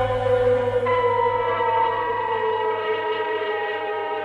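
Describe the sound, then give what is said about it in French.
Sirens in Prague in 1948 call workers gathered by the Communist Party to assemble on the Town Hall square; a sustained, steady chorus of layered tones, one pitch shifting upward early on, then holding loud and continuous over a low hum with no voices. “À l'appel des sirènes, les ouvriers rassemblés par le Parti communiste se sont rendus en bon ordre au rendez-vous que leur avait donné sur la place de l'Hôtel de Ville le ministre Gottwald, leur chef.”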